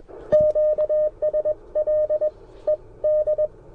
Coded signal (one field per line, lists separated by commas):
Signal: Morse code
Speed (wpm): 21 wpm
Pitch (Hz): 610 Hz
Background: none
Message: QSL ED